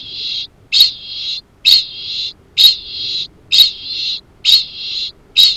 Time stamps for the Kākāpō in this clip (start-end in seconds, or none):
0.00-5.57